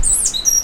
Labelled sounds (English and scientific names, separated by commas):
Stitchbird (Notiomystis cincta) song